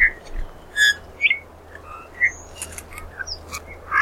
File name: Pyrrhula pyrrhula